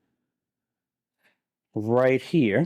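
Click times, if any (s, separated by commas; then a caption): none. A plastic mounting clamp is slid onto the side slots of a UISP airMAX LiteBeam 5AC wireless bridge antenna housing. The clip is nearly silent apart from a faint tick around 1.3 s, then someone talks from about 1.8 s to the end. The clamp has not snapped into place yet.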